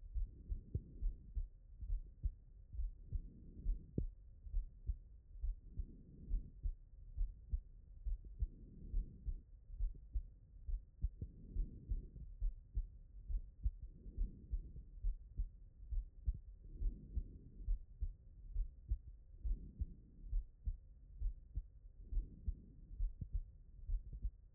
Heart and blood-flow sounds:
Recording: heart sounds by stethoscope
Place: tricuspid valve (TV)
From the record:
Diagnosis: non-HFrEF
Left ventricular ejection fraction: 61%

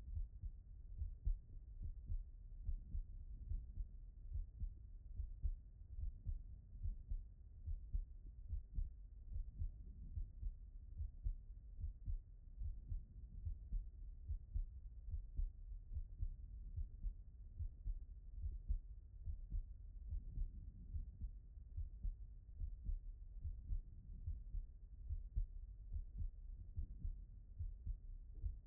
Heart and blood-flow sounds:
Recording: heart sounds by stethoscope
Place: pulmonary valve (PV)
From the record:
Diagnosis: HFrEF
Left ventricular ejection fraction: 30%

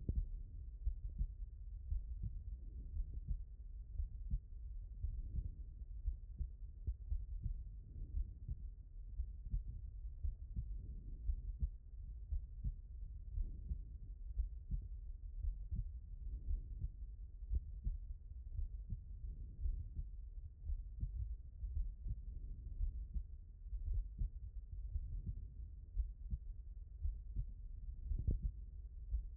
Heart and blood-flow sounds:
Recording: heart sounds by stethoscope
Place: aortic valve (AV)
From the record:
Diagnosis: non-HFrEF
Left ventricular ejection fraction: 63%

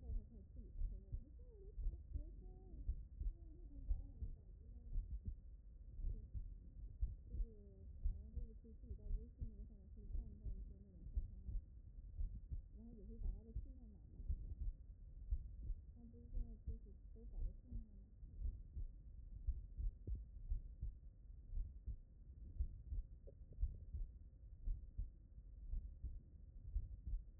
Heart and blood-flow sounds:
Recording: heart sounds by stethoscope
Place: tricuspid valve (TV)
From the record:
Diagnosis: non-HFrEF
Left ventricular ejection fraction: 65%

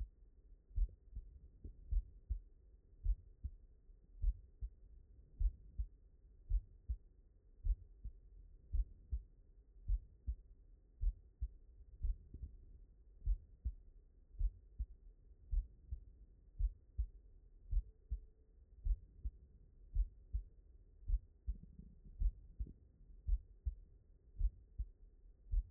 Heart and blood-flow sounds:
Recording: heart sounds by stethoscope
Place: mitral valve (MV)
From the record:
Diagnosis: non-HFrEF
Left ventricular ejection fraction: 61%

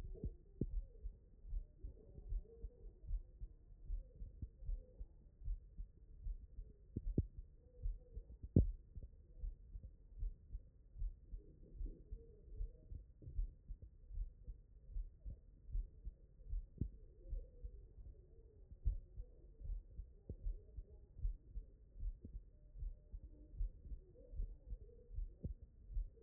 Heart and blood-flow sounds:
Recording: heart sounds by stethoscope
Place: mitral valve (MV)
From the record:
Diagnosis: HFrEF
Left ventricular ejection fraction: 40%

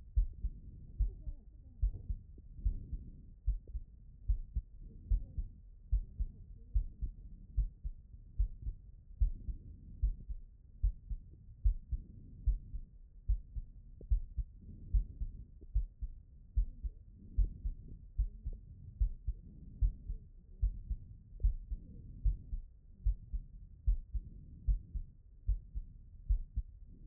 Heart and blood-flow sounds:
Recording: heart sounds by stethoscope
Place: pulmonary valve (PV)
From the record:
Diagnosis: non-HFrEF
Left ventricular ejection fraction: 57%

